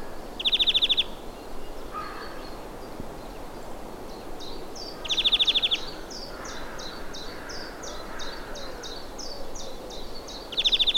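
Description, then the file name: European greenfinch gives short rattling trills about every five seconds; a second bird keeps up a run of brief high repeated notes behind it. "Chloris chloris"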